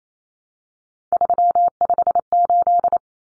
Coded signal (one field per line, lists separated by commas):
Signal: Morse code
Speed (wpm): 28 wpm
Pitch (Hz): 700 Hz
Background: none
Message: 358